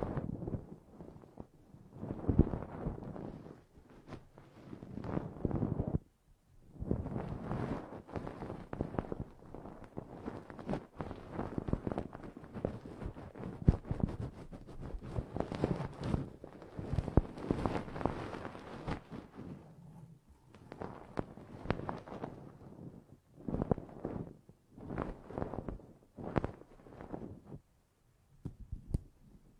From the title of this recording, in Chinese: 8D掏耳朵！360° 环绕触发